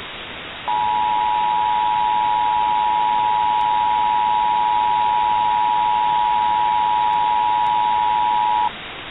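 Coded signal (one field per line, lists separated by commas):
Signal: Emergency Alert System (SAME) tones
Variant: 853 and 960 Hz attention tone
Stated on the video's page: PDS Tornado Warning alert set in Minecraft, using valid EAS tones.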